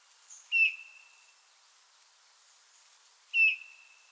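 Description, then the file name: Eurasian bullfinch with two soft, plaintive whistled notes roughly three seconds apart, each brief and steady in pitch, against faint background hiss. "Pyrrhula pyrrhula"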